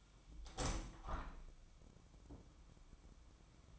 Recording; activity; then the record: daily activity, microphone in the room; open window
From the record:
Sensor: 1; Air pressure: 1006.6 hPa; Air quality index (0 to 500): 210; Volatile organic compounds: 24 ppm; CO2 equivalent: 2821 ppm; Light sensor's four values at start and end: 12/31/12/14 and 12/32/12/14